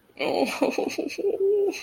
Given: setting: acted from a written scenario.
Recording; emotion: vocal sound without words; relief